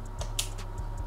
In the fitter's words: Depois você vem e aperta aqui, ó, até dar o clique.